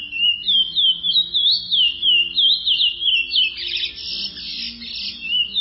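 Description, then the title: Chestnut-bellied seed finch song of rapid whistled slurs, turning into a harsher, scratchy burst later on before the clear whistles briefly resume. "Canto De Curio"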